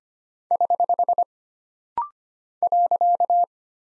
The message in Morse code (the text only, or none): <HH> .